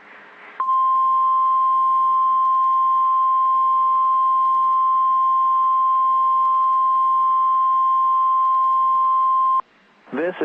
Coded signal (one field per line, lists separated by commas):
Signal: Emergency Alert System (SAME) tones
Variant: 1050 Hz attention tone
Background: speech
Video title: NOAA Weather Radio ***REQUIRED WEEKLY TEST*** WXM49 10/1922 [EAS #2]